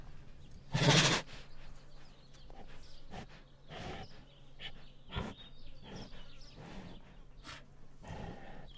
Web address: Sound Ideas Tigers Sound Effects. Female Bengal Tiger Hard and Loud Snorts